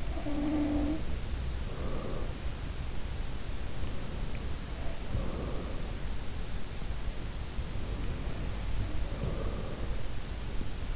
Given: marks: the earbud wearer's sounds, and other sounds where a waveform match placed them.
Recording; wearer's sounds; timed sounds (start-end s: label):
sounds in sleep by an in-ear microphone; breath
0.00-3.08 s: breath
3.59-6.62 s: breath
4.62-5.24 s: sound from someone else or the room
7.54-10.96 s: breath
8.63-9.21 s: sound from someone else or the room